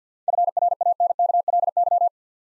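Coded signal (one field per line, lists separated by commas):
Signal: Morse code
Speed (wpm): 49 wpm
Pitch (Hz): 700 Hz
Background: none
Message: FRANKLY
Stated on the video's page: Morse practice of 7-letter words at 50 wpm for head-copy training.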